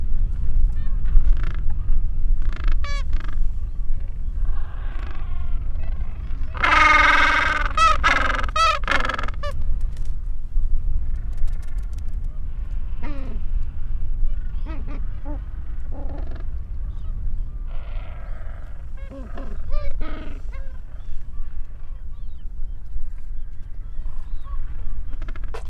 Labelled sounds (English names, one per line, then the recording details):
Gentoo Penguin call
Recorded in the wild
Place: Port Lockroy (Jougla Point), Antarctica, AQ
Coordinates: -64.49, -63.29
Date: 2018-12-26
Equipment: Olympus LS-100, Sennheiser ME66
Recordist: Beaulieu, Michaël